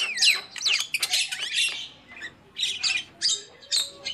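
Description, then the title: Lovebird calls: sharp, high squawks and chirps in quick bursts with short pauses between clusters. Lure call used for trapping lovebirds. "PIKAT BURUNG LOVEBIRD"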